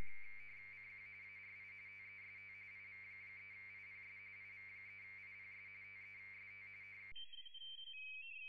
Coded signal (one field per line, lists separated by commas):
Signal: RTTY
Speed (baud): 45.45 baud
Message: CQ ARI TEST IV3IPS IV3IPS TEST